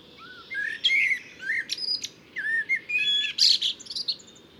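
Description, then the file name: Common blackbird producing a continuous run of fluty warbled notes mixed with thin high squeaks, many short phrases in quick succession. "Turdus merula"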